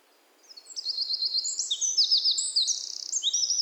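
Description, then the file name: Eurasian wren singing a shrill, hurried run of high notes and buzzy trills, fast repeated elements tumbling together without a break. "Troglodytes troglodytes"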